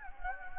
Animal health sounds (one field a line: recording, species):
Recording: mosquito wingbeat signal from an infrared sensor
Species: Anopheles gambiae